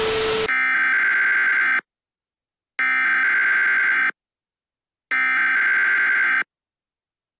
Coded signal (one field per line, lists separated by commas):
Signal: Emergency Alert System (SAME) tones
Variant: header bursts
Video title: EAS Scenario: The Final Hours Of Dawn [FULL ANALOG HORROR]